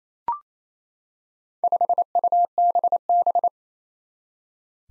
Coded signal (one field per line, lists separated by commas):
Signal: Morse code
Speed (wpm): 27 wpm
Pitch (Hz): 700 Hz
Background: none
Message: 5UBB